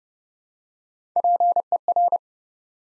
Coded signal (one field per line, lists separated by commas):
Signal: Morse code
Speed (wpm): 30 wpm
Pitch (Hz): 700 Hz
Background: none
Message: PER